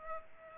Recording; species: mosquito wingbeat signal from an infrared sensor; Culex pipiens